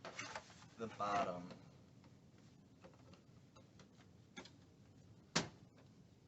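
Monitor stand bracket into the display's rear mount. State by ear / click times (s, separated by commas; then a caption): seated / 5.4 s. A monitor stand bracket is hooked into the top of the mount on the back of an HP EliteDisplay, then pressed in at the bottom. Someone talks over quiet handling taps, then a single sharp click at 5.4 s marks the bracket snapping into the display's rear mount. The stand is seated.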